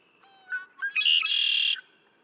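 Red-winged blackbird singing once: soft clipped notes lead into a rasping, buzzy trill held for nearly a second before stopping abruptly.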